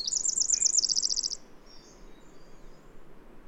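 Bird song, a fast high trill of evenly repeated notes lasting just over a second, followed by a few faint high notes and soft background hiss.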